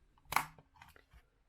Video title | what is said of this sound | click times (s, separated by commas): Ct-50 overview | now remember this is very gentle all you have to do is bring it down until it clicks | 0.4 s